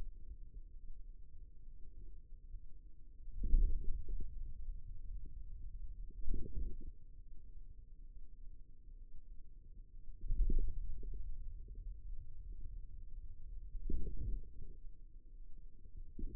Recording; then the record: forearm muscle sounds (acoustic myography)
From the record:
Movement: wrist extension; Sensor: system 2, bracelet of six BSWA MPA416 microphones around the upper forearm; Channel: 3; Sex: male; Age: 22 years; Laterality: right